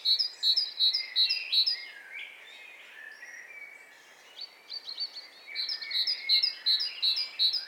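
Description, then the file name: Great tit singing a quick run of ringing two-note phrases, a pause filled by other birds' twittering, then the phrase series starts again. "Parus major"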